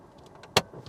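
A car's handbrake lever is pulled up without holding the release button in, and its ratchet engages with one sharp, loud click at 0.6 s. Faint small ticks come before it, and low rustling follows. The handbrake is confirmed on.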